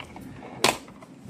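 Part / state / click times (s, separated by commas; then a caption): cover of a photo paper cassette for a photo printer / seated / 0.6 s. Photo paper sheets have been placed in the plastic paper cassette of a KDM photo printer, and its cover is pressed closed. Against a low background, one sharp, broadband snap rings out at 0.6 s. The cover is locked in place.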